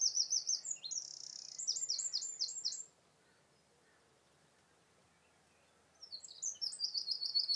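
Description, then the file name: Eurasian wren singing a loud, high, rapid series of trills and rattles for about three seconds, a quiet gap, then a new trilling phrase starts. "Troglodytes troglodytes"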